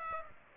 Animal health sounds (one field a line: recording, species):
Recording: mosquito wingbeat signal from an infrared sensor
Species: Aedes aegypti